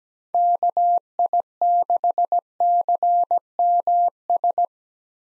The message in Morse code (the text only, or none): KI6CMS